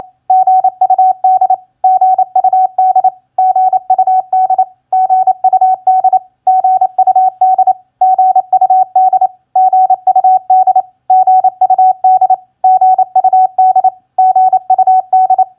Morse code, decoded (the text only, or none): GUD GUD GUD GUD GUD GUD GUD GUD GUD GUD